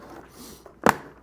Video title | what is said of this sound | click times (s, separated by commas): UNBOXING STAR WARS The Vintage Collection The Ghost HasLab - Hasbro Pulse | it'll all snap together. | 0.9 s